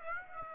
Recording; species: mosquito wingbeat signal from an infrared sensor; Aedes aegypti